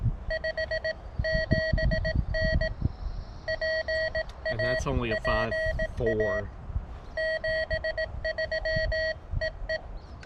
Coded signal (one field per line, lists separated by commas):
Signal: Morse code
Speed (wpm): 18 wpm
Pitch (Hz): 1900 Hz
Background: speech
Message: 57N PAPA 73 EE